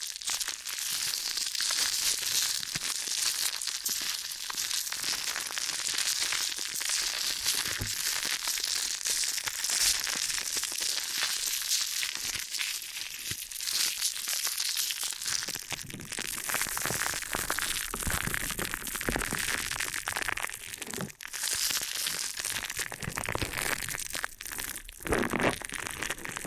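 Ear and scalp massage sounds: dense, steady crinkly rubbing and scratching, bright and hissy, growing rougher with sharper crackles after about fifteen seconds.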